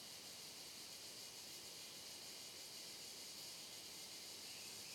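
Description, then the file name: Cicadas produce a constant, piercing high drone, very even and steady, with no breaks across the whole stretch. Chorus of cicadas on a trail in dense, closed forest, with reverberating sound. "Coro de Cigarras em Trilha de Mata Fechada Reverberando"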